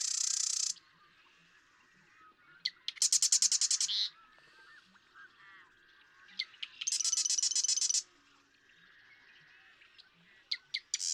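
Marsh Wren singing rapid, mechanical rattles, the later ones led in by short clicks, three in all with a fourth beginning at the end.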